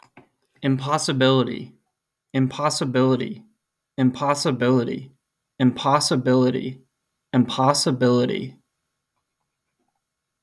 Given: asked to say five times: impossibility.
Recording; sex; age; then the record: repeated word; male; 20 to 29 years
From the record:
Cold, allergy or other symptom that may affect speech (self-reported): no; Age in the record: 25 years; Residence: Rhode Island, United States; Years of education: 16